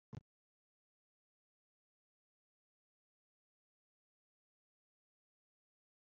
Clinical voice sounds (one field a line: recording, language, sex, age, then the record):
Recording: short text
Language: Brazilian Portuguese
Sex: male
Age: 20 to 29 years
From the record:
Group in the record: control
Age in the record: 27 years